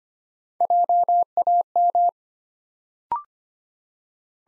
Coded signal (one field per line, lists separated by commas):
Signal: Morse code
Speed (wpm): 25 wpm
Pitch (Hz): 700 Hz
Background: none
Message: JAM